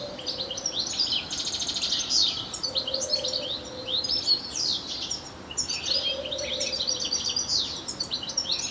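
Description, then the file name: European goldfinch giving a lively stream of liquid, jangling high notes and quick slurred chirps, with a low tone humming on and off beneath. "Carduelis carduelis"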